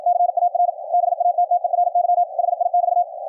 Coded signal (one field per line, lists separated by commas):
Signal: Morse code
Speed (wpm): 53 wpm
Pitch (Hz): 710 Hz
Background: radio noise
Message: CAR BATTERY HI<BT>